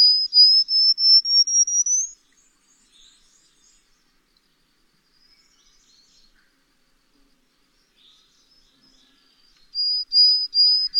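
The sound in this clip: Bird song, a series of high thin whistled notes slowly rising, then near silence with faint chirps, then the high whistles resume at the end.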